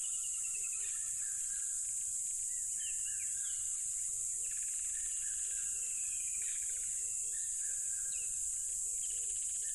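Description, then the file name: Strong steady cricket trill fills the sound, joined in the second half by a low note repeated many times, plus occasional bird calls. Loud crickets beside a tropical river. "smartsound ATMO NATURE Tropical River Loud Crickets"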